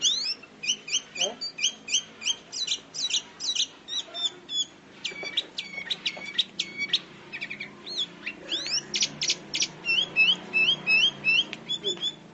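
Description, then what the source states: Sooty-headed bulbul giving lively repeated chirping phrases, several notes a second, with some longer whistled and slurred notes in the middle. Singing persistently and energetically (gacor).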